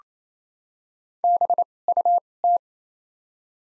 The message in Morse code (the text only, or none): B U T